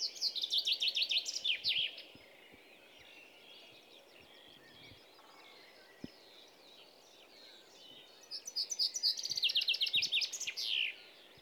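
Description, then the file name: Common chaffinch song: two bright descending rattling phrases of rapid high notes ending in a flourish, one at the start and one near the end, with quiet background noise between. "Fringilla coelebs"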